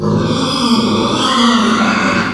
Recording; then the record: squeal of a Yucatan mini pig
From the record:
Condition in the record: after surgery on the right vocal fold (resection and tissue-engineered implant); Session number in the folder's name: 16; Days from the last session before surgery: 183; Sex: female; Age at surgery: 19 weeks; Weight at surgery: 25 kg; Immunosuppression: prednisolone